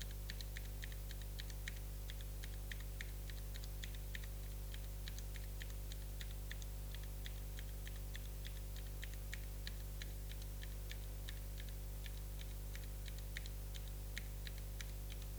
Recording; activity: daily activity, guitar pickup as the sensor; type